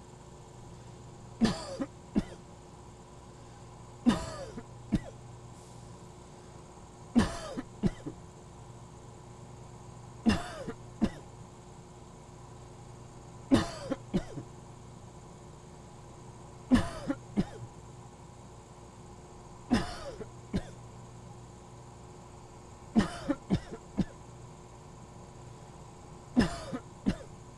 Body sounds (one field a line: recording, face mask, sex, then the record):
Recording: voluntary coughing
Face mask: surgical mask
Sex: male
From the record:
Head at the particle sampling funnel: tilted up or above it, chin in front of it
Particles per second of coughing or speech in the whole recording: 1.46